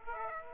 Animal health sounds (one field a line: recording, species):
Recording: mosquito wingbeat signal from an infrared sensor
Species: Aedes aegypti